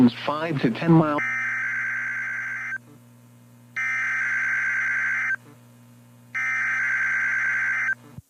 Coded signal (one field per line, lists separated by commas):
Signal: Emergency Alert System (SAME) tones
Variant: header bursts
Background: speech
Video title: EAS #2,510-2,512 Required Weekly Tests 2/11/26